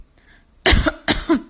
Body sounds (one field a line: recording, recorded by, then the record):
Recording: voluntary cough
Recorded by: messaging app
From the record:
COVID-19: negative